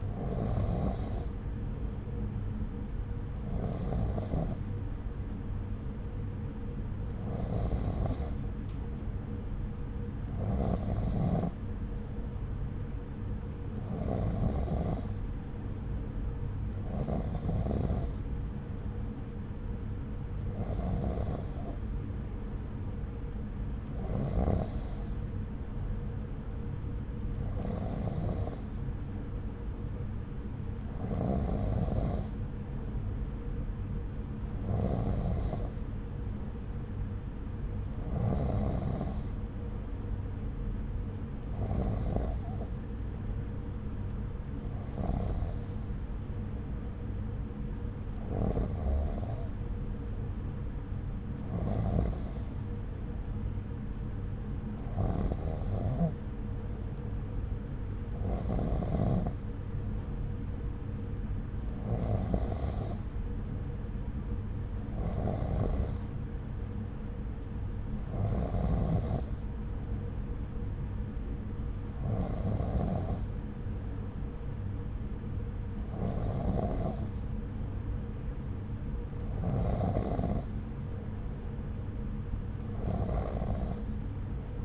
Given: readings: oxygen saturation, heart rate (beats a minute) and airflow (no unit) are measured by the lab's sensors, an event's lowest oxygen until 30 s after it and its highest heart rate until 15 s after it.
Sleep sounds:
breathing in sleep by a smartphone at the bedside; none
none scored
From the record:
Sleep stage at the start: N2 (light sleep); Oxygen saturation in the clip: 93%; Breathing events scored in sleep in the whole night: 303 in 8.1 hours asleep

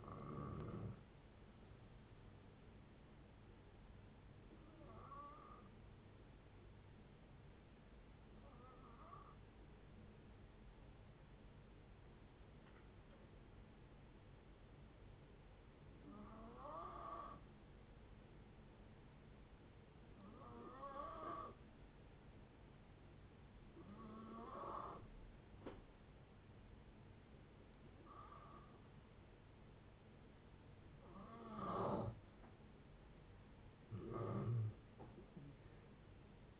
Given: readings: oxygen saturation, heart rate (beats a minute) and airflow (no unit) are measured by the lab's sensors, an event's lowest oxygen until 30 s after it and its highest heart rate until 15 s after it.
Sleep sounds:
breathing in sleep by a voice recorder at the bedside; 1
3.00-29.90 s: hypopnea (N2, oxygen 96% highest, then 87% lowest, heart rate 71 at the start, 71 highest)
26.00-36.60 s: new sleep stage, N1 (lightest sleep)
From the record:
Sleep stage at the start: N2 (light sleep); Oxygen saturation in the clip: 87 to 96%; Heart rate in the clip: 57 to 77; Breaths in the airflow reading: 10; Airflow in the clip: -7.0 to 8.0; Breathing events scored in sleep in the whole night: 496 in 5.4 hours asleep

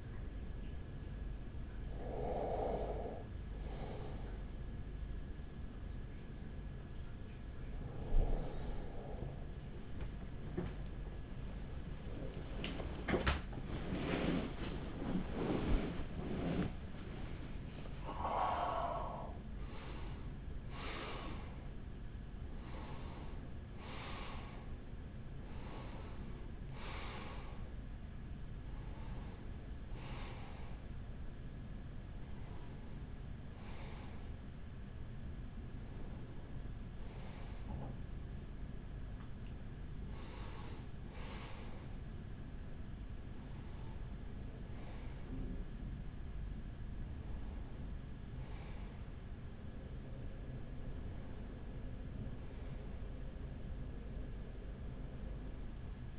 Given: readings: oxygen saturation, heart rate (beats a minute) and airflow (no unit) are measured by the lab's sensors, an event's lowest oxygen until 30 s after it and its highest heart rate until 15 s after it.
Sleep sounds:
a person awake in a sleep study, by a smartphone at the bedside; 1
8.00-21.30 s: hypopnea (N1, oxygen 96% highest, then 95% lowest, heart rate 46 at the start, 79 highest)
10.00-56.19 s: new sleep stage, awake
15.00-56.19 s: awake
From the record:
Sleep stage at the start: N1 (lightest sleep); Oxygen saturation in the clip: 95 to 97%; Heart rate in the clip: 37 to 79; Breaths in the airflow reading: 12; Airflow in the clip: -8.4 to 8.6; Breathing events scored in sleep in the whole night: 207 in 7.6 hours asleep

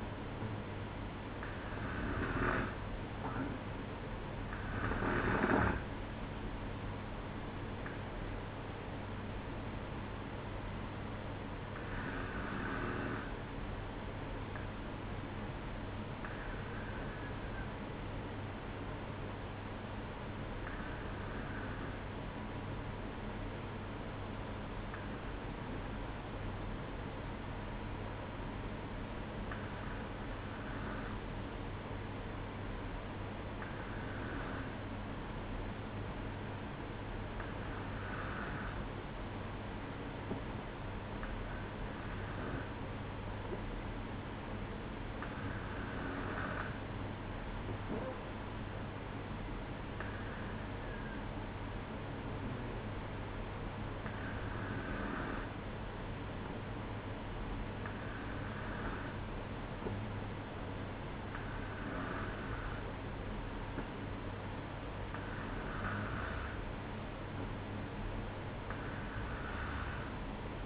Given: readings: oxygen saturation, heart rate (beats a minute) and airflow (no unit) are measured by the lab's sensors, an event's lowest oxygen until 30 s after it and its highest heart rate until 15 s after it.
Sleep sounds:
breathing in sleep by a voice recorder at the bedside; 1
20.00-49.60 s: hypopnea (N2, oxygen 95% highest, then 93% lowest, heart rate 60 at the start, 63 highest)
From the record:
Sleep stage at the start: N2 (light sleep); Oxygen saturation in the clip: 93 to 95%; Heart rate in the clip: 58 to 66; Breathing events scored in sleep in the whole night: 305 in 9.6 hours asleep

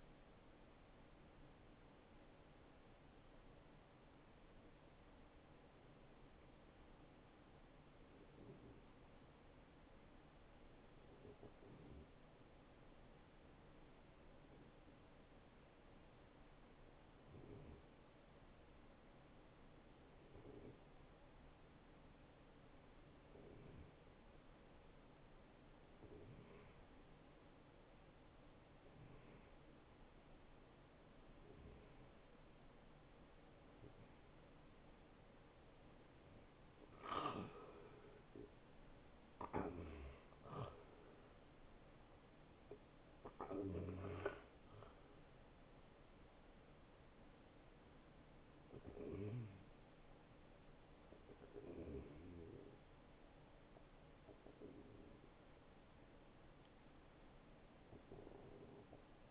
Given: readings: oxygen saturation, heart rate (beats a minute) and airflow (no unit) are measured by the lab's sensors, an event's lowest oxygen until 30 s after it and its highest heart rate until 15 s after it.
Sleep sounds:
a person awake in a sleep study, by a voice recorder at the bedside; 1
3.00-43.10 s: hypopnea (N1, oxygen 94% highest, then 89% lowest, heart rate 72 at the start, 79 highest)
16.00-46.00 s: new sleep stage, awake
18.00-59.00 s: awake
46.00-59.31 s: new sleep stage, N1 (lightest sleep)
From the record:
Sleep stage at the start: N1 (lightest sleep); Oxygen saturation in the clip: 89 to 94%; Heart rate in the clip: 58 to 79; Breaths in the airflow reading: 10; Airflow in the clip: -10.9 to 7.5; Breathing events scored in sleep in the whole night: 263 in 5.5 hours asleep

